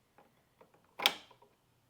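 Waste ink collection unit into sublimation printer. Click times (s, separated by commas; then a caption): 1.1 s. A plastic waste ink collection unit is slid, with its push buttons held down, into a Sawgrass sublimation printer. A few faint taps and scrapes come before a sharp, bright click at 1.0 s, followed by a couple of quieter taps. The tank clicks into place and is seated.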